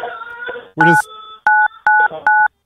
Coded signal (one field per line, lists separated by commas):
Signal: DTMF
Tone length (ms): 220 ms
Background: speech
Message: 9 999